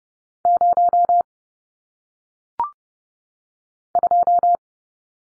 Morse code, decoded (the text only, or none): 0 2